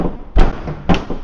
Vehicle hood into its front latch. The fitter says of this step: Not latching.